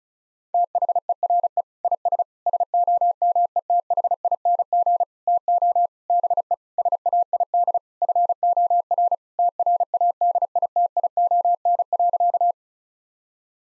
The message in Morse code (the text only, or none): THERE IS SOMETHING TO BE SAID FOR TRADITION.